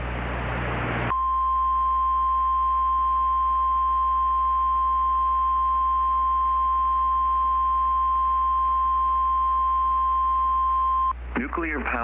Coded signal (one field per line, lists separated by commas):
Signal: Emergency Alert System (SAME) tones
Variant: 1050 Hz attention tone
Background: speech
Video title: [REQUESTED EAS MOCK] is this how you do nuclear power plant warnings im new to this